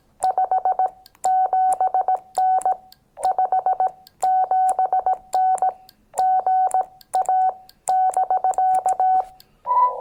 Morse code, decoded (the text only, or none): 57N 57N GA <BK>